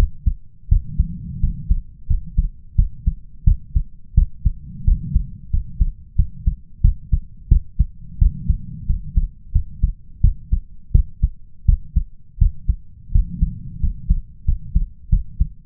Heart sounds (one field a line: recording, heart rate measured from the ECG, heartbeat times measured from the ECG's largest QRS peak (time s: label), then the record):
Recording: heart sounds by stethoscope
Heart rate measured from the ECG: 87 bpm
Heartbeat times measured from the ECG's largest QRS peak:
0.68 s: heartbeat
1.39 s: heartbeat
2.07 s: heartbeat
2.75 s: heartbeat
3.44 s: heartbeat
4.14 s: heartbeat
4.84 s: heartbeat
5.50 s: heartbeat
6.15 s: heartbeat
6.81 s: heartbeat
7.48 s: heartbeat
8.18 s: heartbeat
8.86 s: heartbeat
9.52 s: heartbeat
10.20 s: heartbeat
10.91 s: heartbeat
11.65 s: heartbeat
12.38 s: heartbeat
13.11 s: heartbeat
13.79 s: heartbeat
14.44 s: heartbeat
15.09 s: heartbeat
From the record:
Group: healthy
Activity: rest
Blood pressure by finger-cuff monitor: 127/90 mmHg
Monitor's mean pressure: 102 mmHg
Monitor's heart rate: 86 bpm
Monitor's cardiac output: 6.4 L/min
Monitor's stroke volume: 74 mL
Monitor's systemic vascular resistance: 1170 dyn s/cm5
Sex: male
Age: 21 years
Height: 180 cm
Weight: 67.5 kg